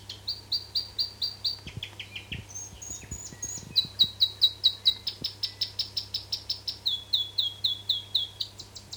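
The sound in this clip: South Island robin singing a continuous stream of high, clear notes in repeated groups, each phrase type repeated several times before switching pitch; low steady hum underneath.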